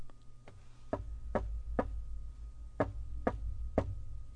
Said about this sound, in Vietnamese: Tiếng đập cửa có tiết tấu, không nhanh không chậm vang lên.